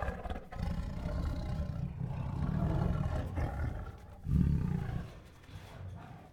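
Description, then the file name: Tiger rumbling in a long, steady growl, then a sudden louder surge, fading to quieter grumbles at the end. Restless tiger producing growls, huffs, moans and roars. "Sound Ideas. Restless with Growls, Huffs, Moans and Roars"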